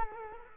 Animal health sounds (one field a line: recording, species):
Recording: mosquito wingbeat signal from an infrared sensor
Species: Culex quinquefasciatus